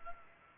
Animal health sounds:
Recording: mosquito wingbeat signal from an infrared sensor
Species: Culex pipiens

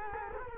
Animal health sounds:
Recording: mosquito wingbeat signal from an infrared sensor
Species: Culex quinquefasciatus

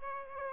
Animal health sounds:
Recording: mosquito wingbeat signal from an infrared sensor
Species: Aedes aegypti

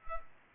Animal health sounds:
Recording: mosquito wingbeat signal from an infrared sensor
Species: Culex pipiens

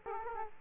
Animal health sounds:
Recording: mosquito wingbeat signal from an infrared sensor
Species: Aedes aegypti

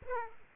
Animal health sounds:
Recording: mosquito wingbeat signal from an infrared sensor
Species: Aedes aegypti

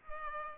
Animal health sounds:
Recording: mosquito wingbeat signal from an infrared sensor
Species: Culex pipiens

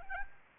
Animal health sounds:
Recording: mosquito wingbeat signal from an infrared sensor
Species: Anopheles arabiensis

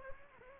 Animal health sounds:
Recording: mosquito wingbeat signal from an infrared sensor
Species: Anopheles gambiae

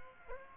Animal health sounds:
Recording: mosquito wingbeat signal from an infrared sensor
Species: Aedes aegypti

